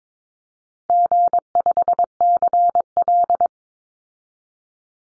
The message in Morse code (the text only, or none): G5CL